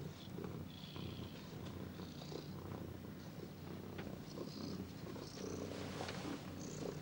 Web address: BBC Cats. domestic cat squealing and purring